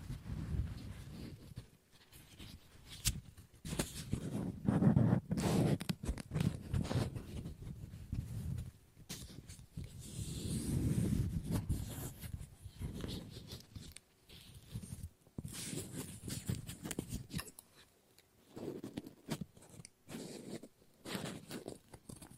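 Scissors snip and cut through paper in short, irregular bursts, with crisp rustling and crackling between the cuts. Louder stretches of handling and crumpling come around five and eleven seconds, while the rest is a stop-start run of quick snips and brief pauses.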